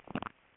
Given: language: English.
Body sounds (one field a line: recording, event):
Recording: throat vibration sensor signal played as sound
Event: swallow